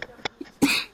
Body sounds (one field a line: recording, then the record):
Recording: coughing mixed with background sound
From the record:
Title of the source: 64 coughing, allergies, singing lungs